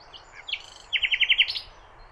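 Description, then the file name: Common nightingale phrase: a few soft notes, then a short series of loud repeated whistled notes ending in a higher note. "Luscinia megarhynchos"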